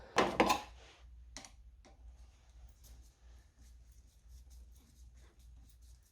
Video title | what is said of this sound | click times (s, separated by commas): Replacing the INJECTOR SEALS on my 1.6 HDi Citroen Berlingo Multispace | and this one just unclips | 0.2 s, 0.4 s